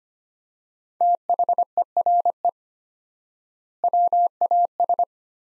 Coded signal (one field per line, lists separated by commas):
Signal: Morse code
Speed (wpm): 25 wpm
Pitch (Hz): 700 Hz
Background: none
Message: THERE WAS